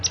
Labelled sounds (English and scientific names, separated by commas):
Palm Warbler (Setophaga palmarum) flight call